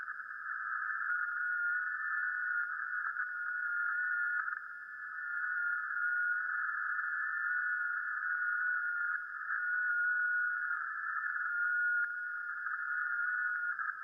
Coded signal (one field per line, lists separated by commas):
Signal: FT8